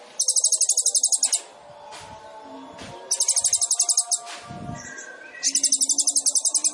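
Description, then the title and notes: Sunbird song: three long rapid high trills of about a second each, separated by pauses with faint background sounds. Indonesian masteran training recording for songbirds; song with fills (isian) and shots (tembakan), described as gacor and suited as a lure (pancingan). "MASTERAN KOLIBRI NINJA FULL ISIAN DAN TEMBAKAN COCOK BUAT PANCINGAN. Suara Burung Kolibri Ninja Gacor"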